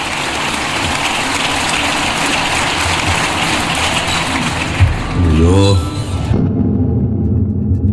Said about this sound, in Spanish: Aplauso largo también a Gustavo Petro. Gracias.